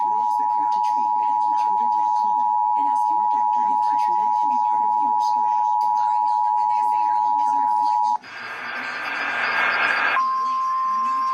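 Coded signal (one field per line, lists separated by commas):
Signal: Emergency Alert System (SAME) tones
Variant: 853 and 960 Hz attention tone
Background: speech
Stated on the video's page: Required Monthly Test for a statewide earthquake drill, received via NOAA Weather Radio on 162.425 and 162.550 MHz, then FM, HD radio and TV stations.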